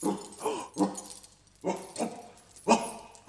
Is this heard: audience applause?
no